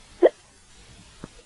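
Two abrupt, sharp gulping bursts about a second apart, the first loud and the second softer, with quiet room noise between. These are an adult's hiccups: sudden involuntary spasms of the diaphragm, each cut off by the snap of the closing vocal cords.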